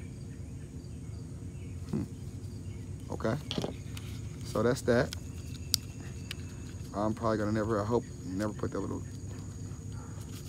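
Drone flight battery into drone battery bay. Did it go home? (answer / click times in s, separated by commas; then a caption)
yes / 5.7 s. A small, flat 500 mAh-class flight battery is pushed into the plastic battery bay of a cheap $18 no-name toy drone. A sharp, short click at 5.7 s marks it snapping firmly into place. Someone talks before and after over a steady background hiss, and the battery seats securely enough that the retaining screw isn't needed.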